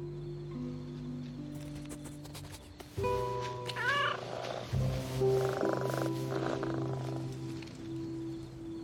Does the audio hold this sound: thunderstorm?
no